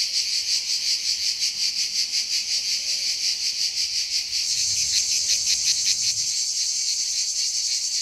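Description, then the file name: Cicada song, a steady high-pitched shrill buzz with fast throbbing pulses, swelling louder and broader about halfway through. "CHANT CIGALE"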